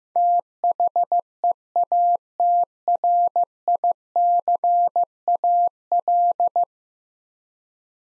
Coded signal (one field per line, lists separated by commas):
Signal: Morse code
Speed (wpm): 15 wpm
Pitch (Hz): 700 Hz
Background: none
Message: THEATRICAL